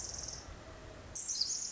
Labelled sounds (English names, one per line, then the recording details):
Pacific Wren
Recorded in Sonoma County, California